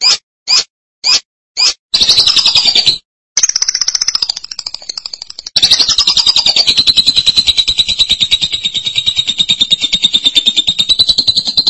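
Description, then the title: Lovebird calls: four quick chirps, then sustained, fast, buzzy chattering trills with brief breaks. "BM Suara Burung Lovebird"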